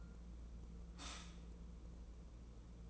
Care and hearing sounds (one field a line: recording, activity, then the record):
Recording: daily activity, microphone in the room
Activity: stop toaster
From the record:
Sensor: 1